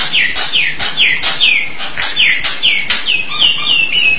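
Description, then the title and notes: Starling song: a steady run of clear, downslurred whistled notes about twice a second, each with a sharp click, and a few brighter notes near the end. "suara burung jalak"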